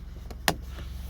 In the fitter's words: click click all right so that's on there it's on there solidly now putting this on first